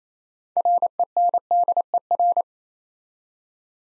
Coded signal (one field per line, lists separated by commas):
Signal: Morse code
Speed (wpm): 28 wpm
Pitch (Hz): 700 Hz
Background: none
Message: RENDER